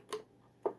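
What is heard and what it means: The plastic latch on an old, mint-condition Iona Fantom Lightning upright vacuum, dated to the first week of 2000, is tested by latching it into the vacuum body. Two small, sharp ticks are heard at 0.1 and 0.7 seconds. The latch engages and is confirmed to work.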